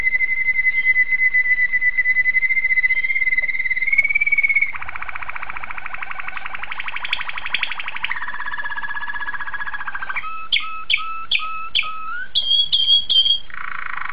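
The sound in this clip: Domestic canary song: a sustained clear whistle, then varied buzzy trills shifting in pitch, then quick repeated two-tone chirping notes and a final buzzy trill.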